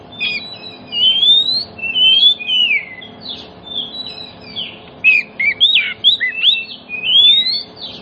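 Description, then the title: Oriental magpie-robin singing flowing whistled phrases, many slurred notes rising and falling, more continuous than bursty, with a quieter chattering stretch midway; soft hum behind. Song played as a lure to prompt other magpie-robins, including ones that have stopped singing, to answer and sing in full song within about five minutes. "Cukup Hitungan Menit Kacer Lain Bisa Bunyi. CUKUP 5 Menit Kacer LAIN NYAUT JADI GACOR, PANCINGAN KACER MACET BUNYI"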